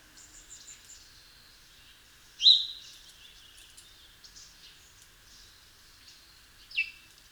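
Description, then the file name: House sparrow giving one loud, sharp chirp about a third of the way in and a shorter, fainter one near the end, with soft high twittering at the start. "Passer domesticus"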